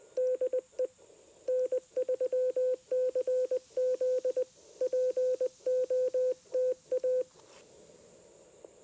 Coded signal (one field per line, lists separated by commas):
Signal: Morse code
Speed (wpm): 20 wpm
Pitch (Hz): 510 Hz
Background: radio noise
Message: DE N3CZ POTA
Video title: Homebrew QRP Transceiver and TennTennas EFHW Shine in Labor Day POTA Activation!